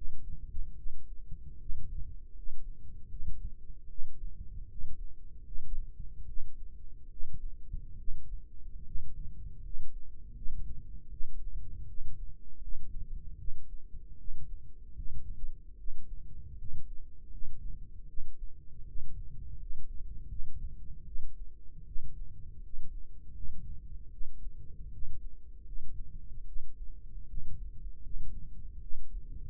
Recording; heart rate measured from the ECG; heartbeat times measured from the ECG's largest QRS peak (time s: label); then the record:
heart sounds by microphone in the right ear; 77 bpm
0.74 s: heartbeat
1.57 s: heartbeat
2.33 s: heartbeat
3.07 s: heartbeat
3.87 s: heartbeat
4.66 s: heartbeat
5.42 s: heartbeat
6.24 s: heartbeat
7.07 s: heartbeat
7.96 s: heartbeat
8.83 s: heartbeat
9.60 s: heartbeat
10.32 s: heartbeat
11.08 s: heartbeat
11.85 s: heartbeat
12.58 s: heartbeat
13.36 s: heartbeat
14.15 s: heartbeat
14.93 s: heartbeat
15.75 s: heartbeat
16.55 s: heartbeat
17.28 s: heartbeat
18.05 s: heartbeat
18.84 s: heartbeat
19.56 s: heartbeat
20.26 s: heartbeat
21.04 s: heartbeat
21.84 s: heartbeat
22.60 s: heartbeat
23.32 s: heartbeat
24.09 s: heartbeat
24.89 s: heartbeat
25.63 s: heartbeat
26.44 s: heartbeat
27.25 s: heartbeat
28.00 s: heartbeat
28.79 s: heartbeat
From the record:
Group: healthy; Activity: rest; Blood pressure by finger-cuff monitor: 82/52 mmHg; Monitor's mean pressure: 64 mmHg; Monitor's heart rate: 77 bpm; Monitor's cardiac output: 6.3 L/min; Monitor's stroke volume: 82 mL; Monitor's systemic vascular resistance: 720 dyn s/cm5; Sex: female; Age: 22 years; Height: 163 cm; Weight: 67.1 kg